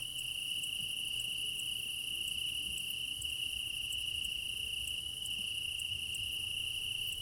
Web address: Quad ambience of Crimea in summer 20 meadow night ambience, crickets, ortf offset by 3 m, front - ORTF. Alexander Kopeikin